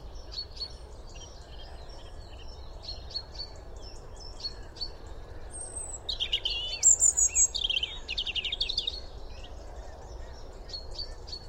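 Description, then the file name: European robin song: repeated thin high ticks throughout, with a louder burst of high sliding whistled notes in the middle, over steady low background noise. "Erithacus rubecula"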